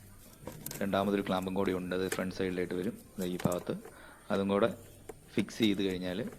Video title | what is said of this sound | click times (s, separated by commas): Hyundai i20 petrol Body-air cleaner/air filter box replacement | പൊക്കി കഴിയുമ്പോൾ ഒരു ടക്കുന്നൊരു സൗണ്ട് കേൾക്കും. അപ്പോൾ അത് ലോക്കായി. | 0.7 s